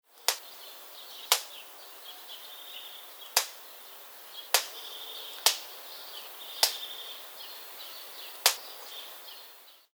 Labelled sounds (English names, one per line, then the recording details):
Spot-bellied Eagle-Owl
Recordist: Tembrock, Günter
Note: Schnabelknacken